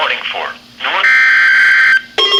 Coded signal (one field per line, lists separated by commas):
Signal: Emergency Alert System (SAME) tones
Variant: header bursts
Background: speech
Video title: EAS #7 - Severe Thunerstorm Warning (5-26-17)